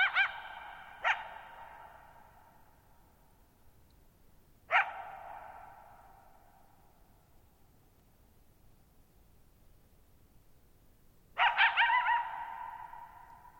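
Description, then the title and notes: Coyote giving sharp barks followed by long echoing tails, three spaced calls then a wavering yip series near the end. One coyote at night, July 14, 2019, near Thirtymile Meadows, Okanogan National Forest, Okanogan High Country, Pacific Northwest, 6400 ft (1950 m), shallow bowl-shaped meadow on a high dry plateau. "Lone Coyote at Thirtymile Meadows. night of July 14, 2019, camped near Thirtymile Meadows in the Okanogan National Forest at 6400 ft (1950 m)"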